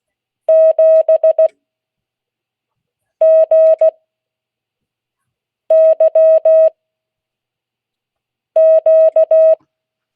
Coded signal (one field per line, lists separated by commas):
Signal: Morse code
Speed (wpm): 16 wpm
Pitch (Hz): 640 Hz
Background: none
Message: 7 G Y Q